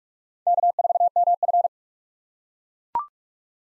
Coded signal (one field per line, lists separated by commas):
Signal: Morse code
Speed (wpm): 42 wpm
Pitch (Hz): 700 Hz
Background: none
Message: K4MF